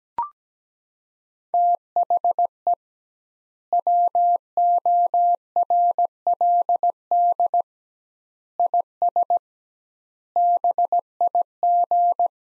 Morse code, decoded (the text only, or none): THE WORLD IS BIG